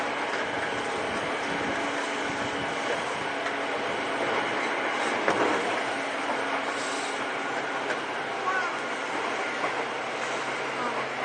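A Seibu old 2000 series train runs between Seibu-Shinjuku and Hon-Kawagoe, heard as a steady, dense rumble and hiss of the moving car that stays level throughout. Faint tonal whines drift through, with a brief louder clunk around five seconds.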